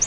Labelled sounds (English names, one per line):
Virginia's Warbler flight call